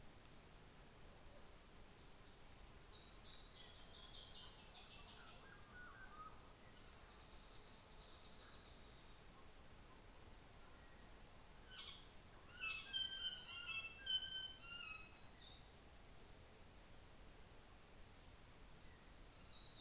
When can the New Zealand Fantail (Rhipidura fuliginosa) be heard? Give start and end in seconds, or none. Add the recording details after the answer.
5.45-7.46. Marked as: faintness 3/5, faintness 2/5. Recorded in New Zealand on 24 December 2018. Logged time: 17:45